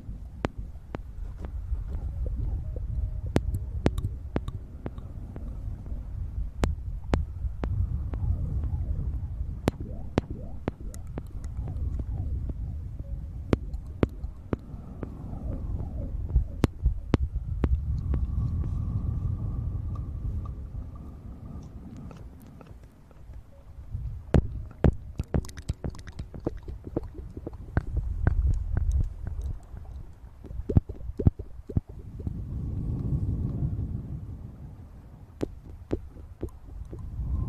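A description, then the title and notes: Wet, clicking mouth sounds pop in frequent sharp ticks throughout, with smacks and tongue clicks scattered irregularly. Beneath them runs a low, muffled rumbling that swells and fades in slow waves, and a faint thin whistle-like tone rises briefly around the middle. Sounds close to the mouth!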